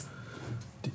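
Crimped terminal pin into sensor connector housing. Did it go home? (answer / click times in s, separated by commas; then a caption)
yes / 0.9 s. A crimped terminal pin is pushed into the housing of a temperature sensor connector for air or coolant temperature. Against a low background hum, a sharp, loud click at 0.9 s shows the pin has seated. There is no talking during the clip.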